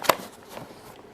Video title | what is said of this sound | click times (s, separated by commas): Review: Hoover Turbopower 2 U2462 (1994) Upright vintage bagged vacuum cleaner | And engage the bag back down there again and push it back till it clicks. | 0.1 s